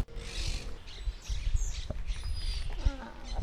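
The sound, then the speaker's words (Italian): Young seagulls give thin, high-pitched squeaky calls, a few short cries and whistling peeps repeating irregularly over a low background rumble. “Questi cosa sono? Dei giovani gabbiani? Questi sono gabbiani. Dei giovanottini.”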